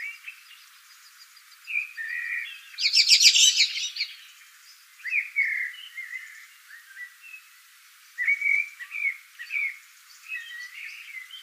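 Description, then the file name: Common blackbird song: mellow whistled phrases with a brief burst of high, scratchy twittering partway through, and the phrases repeated after short pauses. "Turdus merula"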